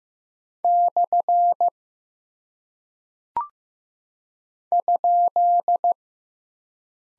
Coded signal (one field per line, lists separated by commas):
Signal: Morse code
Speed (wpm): 15 wpm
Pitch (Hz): 700 Hz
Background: none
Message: / ?